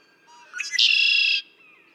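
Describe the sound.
Red-winged blackbird singing once, brief soft lead-in notes rising into a harsh, buzzing trill held for roughly half a second.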